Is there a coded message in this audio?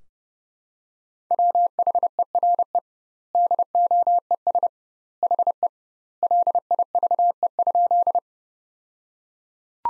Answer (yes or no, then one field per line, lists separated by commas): yes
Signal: Morse code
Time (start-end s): 1.3-8.2 s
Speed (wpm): 32 wpm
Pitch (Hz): 700 Hz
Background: none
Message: WHERE DOES HE LIVE?